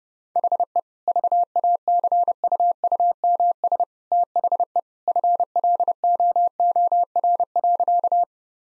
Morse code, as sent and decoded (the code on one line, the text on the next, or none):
.... . / ...- .- -.-. ..- ..- -- ... / - .... . / ..-. .-.. --- --- .-. .-.-.-
HE VACUUMS THE FLOOR.